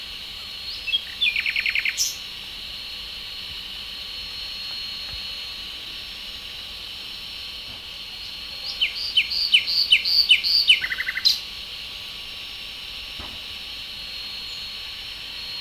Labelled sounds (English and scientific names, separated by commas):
Common Nightingale (Luscinia megarhynchos) song